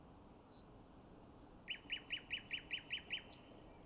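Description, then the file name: Common nightingale song: a soft high whistle and two thin slurred notes, then a fast run of about eight loud repeated chirps, ending in a sharp high flourish. "Luscinia megarhynchos"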